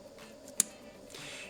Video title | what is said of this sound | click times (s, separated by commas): Introduction to the Pentax MV, Video 2 of 2 | that click lets you know that it's mounted | 0.6 s